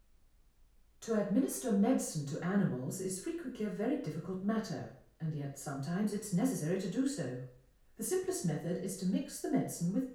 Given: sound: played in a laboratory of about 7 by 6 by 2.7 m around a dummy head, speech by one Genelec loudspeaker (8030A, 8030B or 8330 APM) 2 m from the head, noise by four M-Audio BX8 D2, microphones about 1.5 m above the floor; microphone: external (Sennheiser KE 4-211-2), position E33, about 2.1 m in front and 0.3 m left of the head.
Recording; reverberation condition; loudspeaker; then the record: female speech in English; medium; behind (180 degrees)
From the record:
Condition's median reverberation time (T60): about 510 ms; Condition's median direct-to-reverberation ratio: about -0.5 dB